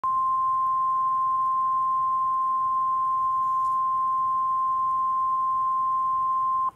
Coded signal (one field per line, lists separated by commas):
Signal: Emergency Alert System (SAME) tones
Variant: 1050 Hz attention tone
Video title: EAS #1,335 Online NOAA Weather Radio Severe T’storm Warning #10 5/21/24